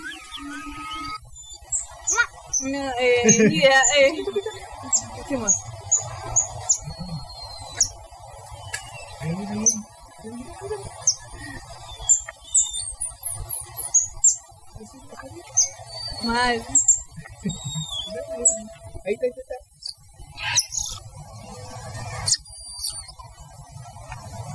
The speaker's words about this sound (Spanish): Estamos en el bosque, ¿no? Como que escuchan los pajaritos.